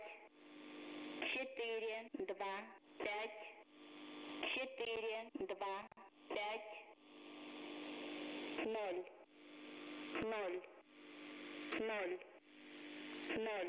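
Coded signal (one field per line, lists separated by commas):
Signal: numbers station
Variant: S06s, female voice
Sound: automated female voice reading short evenly spaced numbers, loud and distorted, over hiss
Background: radio static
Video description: Ukrainian Number Station sends no message to spies. 425 00000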